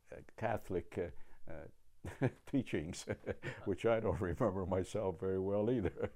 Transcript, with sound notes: Catholic teachings. [Laughing] Which I don't remember myself very well either.